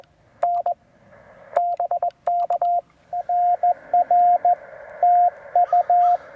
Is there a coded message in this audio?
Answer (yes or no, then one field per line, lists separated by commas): yes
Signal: Morse code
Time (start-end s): 0.4-6.2 s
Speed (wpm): 18 wpm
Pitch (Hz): 700 Hz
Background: radio noise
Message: N BK NR TU